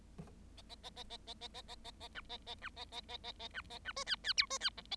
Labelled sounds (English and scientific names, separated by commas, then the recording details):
Bengalese Finch (Lonchura striata domestica) song
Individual Bird7